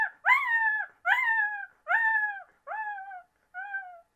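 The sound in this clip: Coyote yelping calls: five tonal, slightly falling notes, each under a second, repeated about once a second and growing softer toward the end.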